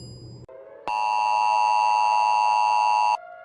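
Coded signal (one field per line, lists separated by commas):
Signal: Emergency Alert System (SAME) tones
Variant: 853 and 960 Hz attention tone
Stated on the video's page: Fictional EAS scenarios, several creators' versions of Radioactive Queen II; simulated alerts.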